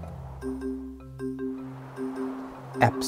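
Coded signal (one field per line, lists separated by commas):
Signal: none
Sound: music tones in a song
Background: speech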